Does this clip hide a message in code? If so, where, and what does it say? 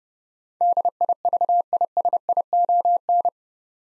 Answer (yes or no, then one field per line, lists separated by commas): yes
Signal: Morse code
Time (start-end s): 0.6-3.3 s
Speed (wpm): 30 wpm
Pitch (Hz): 700 Hz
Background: none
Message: DIVISION